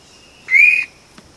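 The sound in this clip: Vogelkop bowerbird delivering one loud, clear, upward-sliding whistle followed by a faint tick.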